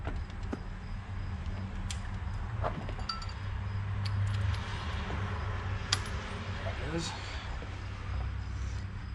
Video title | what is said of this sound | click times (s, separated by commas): Replacing injectors on a 2006 Ram 5.9 Cummins. | takes a little press then you'll hear a snap or feel a snap whichever and you'll know it's in | 5.9 s